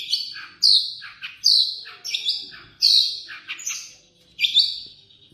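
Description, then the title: Long-tailed shrike giving loud, descending scratchy phrases with bright whistled onsets, separated by brief quieter gaps. Combination song (kombinasi). "Cendet Kombinasi"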